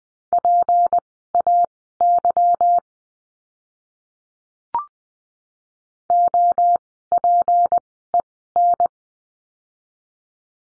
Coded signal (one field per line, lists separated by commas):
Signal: Morse code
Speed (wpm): 20 wpm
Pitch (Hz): 700 Hz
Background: none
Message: PAY OPEN